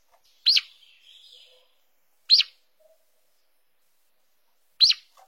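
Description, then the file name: Green-winged saltator uttering three crisp, high chirps at uneven intervals, separated by quiet pauses and a faint warble after the first. "canto do bico duro"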